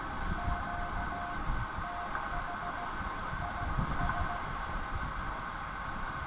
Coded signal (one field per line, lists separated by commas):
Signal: Morse code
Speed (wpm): 16 wpm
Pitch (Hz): 700 Hz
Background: none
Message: QTH IS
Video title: Epic Cold Water Springs Adventure In A Jeep With Ham Radio